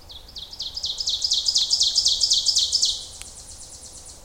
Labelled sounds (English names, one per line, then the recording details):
Ovenbird song
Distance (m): 20 m
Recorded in boreal forest in Alberta, Canada, on 26 May 2016 at 08:14
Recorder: SongMeter 3, array SBT-3-15
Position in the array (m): 54 m, 223 m
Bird 20